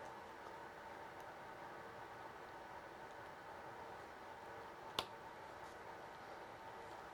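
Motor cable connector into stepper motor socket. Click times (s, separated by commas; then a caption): 5.0 s. A plastic motor-cable wire connector, turned with the red wire on top, is pushed straight into the stepper motor socket on an Ortur Laser Master 2 Pro. Over a steady low hiss, a single sharp little click sounds at 5.0 s as the connector seats in place.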